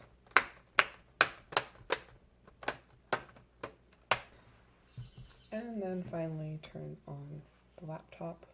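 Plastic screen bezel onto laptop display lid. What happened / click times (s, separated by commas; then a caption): The plastic bezel clips snapped into place / 0.4 s, 0.8 s, 1.2 s, 4.1 s. A plastic screen bezel is pressed back onto the display lid of an Acer Aspire E5-576-392H laptop (model N16Q2) around the edges after a screen replacement. Sharp snaps ring out at 0.4, 0.8, 1.2 and 4.1 seconds as the bezel clips seat into place. Then someone talks.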